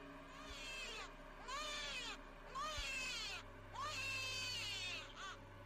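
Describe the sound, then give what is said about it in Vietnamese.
A child's shrill, wailing cry at the edge of a river comes in four long, quavering bursts, each bending up and down in pitch, separated by brief gaps, over a low steady hum. “Rồi sau đó, ở ngay chỗ mép sông, vang lên tiếng khóc choe choé.”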